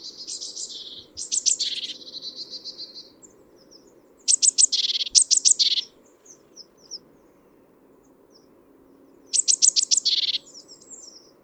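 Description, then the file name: Great tit harsh chattering, three separate bursts of fast, buzzy, rattling notes spaced several seconds apart, with faint high chirps between them. "Parus major"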